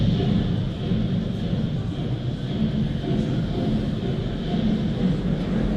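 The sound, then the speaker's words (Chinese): A train bound for the Korean War front rumbles steadily as it pulls away, a continuous low, heavy drone with a faint higher hiss running through it and no clear voices. “几天后，杨震又一次把刚刚重逢的未婚妻送上了开往朝鲜战场的火车。”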